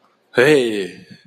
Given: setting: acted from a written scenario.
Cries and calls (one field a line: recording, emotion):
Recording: vocal sound without words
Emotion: negative surprise